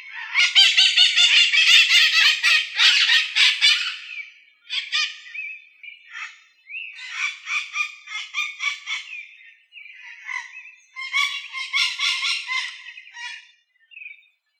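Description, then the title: Blue-fronted parrot with loud harsh screeches at first, followed by broken bursts of raspy chatter and squawks with short gaps between them. "Papagaio verdadeiro"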